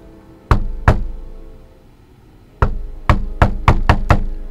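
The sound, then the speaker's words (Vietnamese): Loud, solid knocking on a toilet door in a house: two thuds, a pause of nearly two seconds, then a quick insistent run of six more knocks, with no voices. “Đoạn tôi đang ra sức dặn thì bỗng có tiếng gõ cửa liên hồi.”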